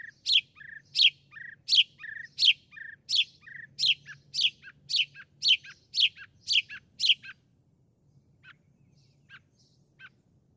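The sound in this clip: Northern mockingbird song: a run of about a dozen sharp, descending chirped notes repeated quickly, then sparse softer notes trailing off.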